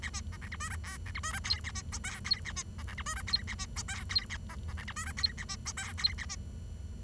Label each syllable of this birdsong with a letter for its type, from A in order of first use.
A B C D E F G H D E F G I A B J K I A B C D E F G I A B J K I A C C D E F G I A B J K I A B